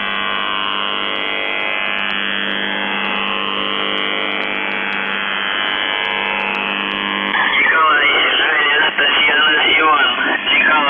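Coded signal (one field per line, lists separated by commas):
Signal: numbers station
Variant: UVB-76 (The Buzzer)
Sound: steady low droning buzz for about seven seconds, then a voice begins speaking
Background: radio static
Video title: The Buzzer/UVB-76(4625Khz) November 10, 2021 08:16UTC Voice message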